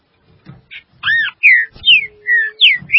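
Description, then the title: Green-winged saltator singing a quick series of loud, clear whistles, an arched note followed by several falling slurs, with a few low thuds. "Trinca Ferro"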